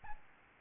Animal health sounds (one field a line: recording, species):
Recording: mosquito wingbeat signal from an infrared sensor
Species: Aedes albopictus